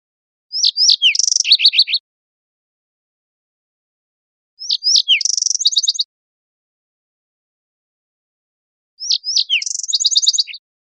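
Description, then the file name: Yellow-eyed junco singing three bright phrases roughly every four seconds, each with two quick downslurred notes, a buzzy patch and a fast chipping trill, with a quiet background. Recorded 20 April 2002. "CR YEJU 4 042002"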